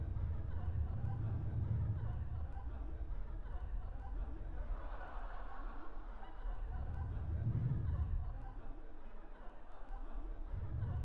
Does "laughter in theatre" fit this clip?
yes